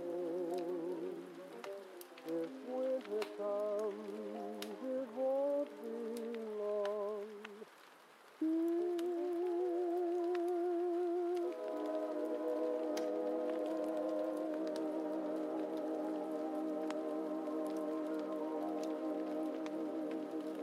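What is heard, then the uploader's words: Oldies play from another room, heard as a muffled, wavering melody with a steady vocal or organ-like line that shifts pitch every second or two, then holds a fuller chord from about twelve seconds on. A soft hiss like rain and scattered crackling clicks run underneath throughout. Heavy Rain & Fire Crackling Sounds While Oldies Playing From Another Room.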